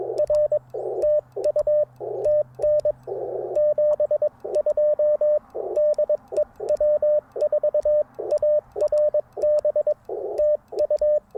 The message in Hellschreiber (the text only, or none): none